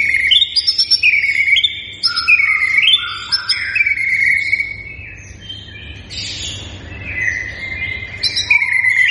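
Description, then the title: White-rumped shama pouring out bright looping whistles and buzzy upswept notes in quick succession, softening briefly midway before another loud whistled burst. Lure recording to make the bird respond; bird described as persistently singing. "PANCINGAN MURAI BATU GACOR"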